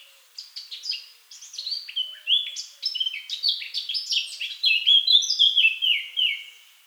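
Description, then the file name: Eurasian blackcap song, a fast run of varied chattering and whistled notes that grows louder and ends in clear, descending fluted phrases. "Sylvia atricapilla"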